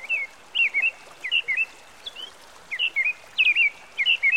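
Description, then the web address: American robin song: several clear whistled phrases, rising and dropping, with short pauses between them. By a stream. "Dan Gibson Songbirds By The Stream. American Robin"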